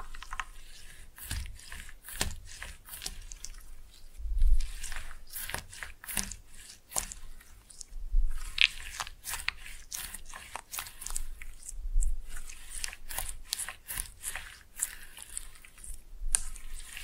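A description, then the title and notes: Slime being pressed and mixed, with a dense run of wet, sticky squishes and crackling pops that come every fraction of a second throughout. Some deeper, heavier squelches stand out around 4, 8 and 12 seconds. No talking is heard. Slime No Talking (Pressing and Mixing).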